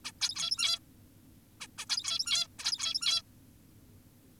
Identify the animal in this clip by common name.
Zebra Finch